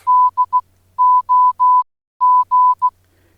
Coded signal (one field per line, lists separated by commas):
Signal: Morse code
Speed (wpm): 16 wpm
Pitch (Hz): 1000 Hz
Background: none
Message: D O G